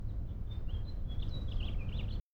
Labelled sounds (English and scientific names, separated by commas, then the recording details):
House Finch (Haemorhous mexicanus) song
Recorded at Oceanside on Long Island, New York, on 17 June 1975
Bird B